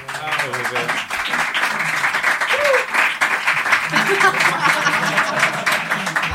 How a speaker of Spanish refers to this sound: Te aplauden por lo del copyright, o sea, panda de piratillas.